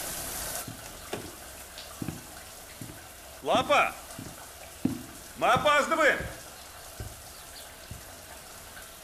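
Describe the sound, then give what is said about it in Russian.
A shower runs with a steady, even hiss of spraying water throughout, while a voice calls out in two short bursts over the noise. “… принимает душ.”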